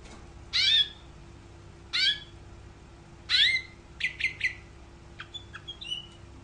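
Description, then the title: Canary giving loud, sweeping chirps about once every one to two seconds, followed by quicker, softer clipped notes. "Kenari"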